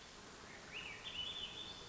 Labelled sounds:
Swainson's Thrush (Catharus ustulatus)
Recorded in Sonoma County, California

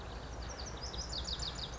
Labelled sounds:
Lazuli Bunting (Passerina amoena)
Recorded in Sonoma County, California

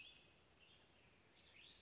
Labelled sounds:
Western Tanager (Piranga ludoviciana)
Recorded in Sonoma County, California

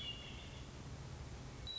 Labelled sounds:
Hermit Thrush (Catharus guttatus)
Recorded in Sonoma County, California

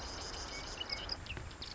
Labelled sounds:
Marsh Wren (Cistothorus palustris)
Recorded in Sonoma County, California

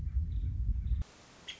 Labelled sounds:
Nuttall's Woodpecker (Dryobates nuttallii)
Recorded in Sonoma County, California

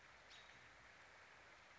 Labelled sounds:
American Robin (Turdus migratorius)
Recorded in Sonoma County, California

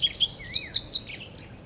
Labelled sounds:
Black-headed Grosbeak (Pheucticus melanocephalus)
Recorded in Sonoma County, California

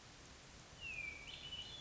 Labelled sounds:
Hermit Thrush (Catharus guttatus)
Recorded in Sonoma County, California

